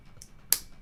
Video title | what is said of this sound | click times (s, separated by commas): JonnyBuildz...continues Barad-Dur!!! Leaks and Reviews! Episode 159 | a satisfying snap | 0.5 s